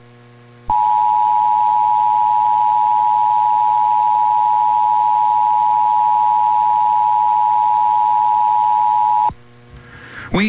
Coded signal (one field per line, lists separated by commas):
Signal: Emergency Alert System (SAME) tones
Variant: 853 and 960 Hz attention tone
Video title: Lone Star Goodies! | EAS Alerts from April 28th, 2023 (EAS #2393-2417)